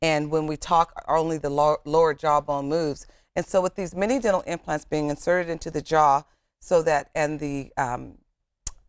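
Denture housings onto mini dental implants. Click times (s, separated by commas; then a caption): 8.7 s. Someone talks for most of the clip, then after a pause a denture fitted with receptor housings is pressed onto mini dental implants and gives a single short, sharp snap at 8.7 s. The denture snaps into place, seated.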